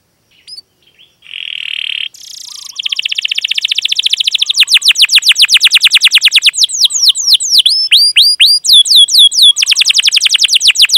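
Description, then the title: Canary song opening with a few thin notes and a buzzy trill, then rapid repeated sweeps building into long runs of downslurred whistled notes. Lure song (pancingan) for training canaries, described as energetic and long with full fill-in phrases. "PANCINGAN Kenari GACOR PANJANG. Pancingan Gacor Full Isian"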